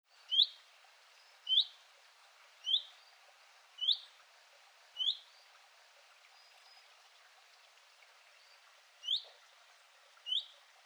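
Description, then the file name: Common chaffinch giving short, sharp call notes, five about a second apart, then a pause and two more; faint background hiss. "Fringilla coelebs"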